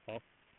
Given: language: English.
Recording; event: throat vibration sensor signal played as sound; speech